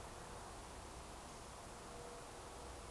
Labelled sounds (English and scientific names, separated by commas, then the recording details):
Eurasian Woodcock (Scolopax rusticola) whistle
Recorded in Baden-Württemberg, Germany, on 29 June 2020 at 02:28 UTC
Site 43791, 788 m above sea level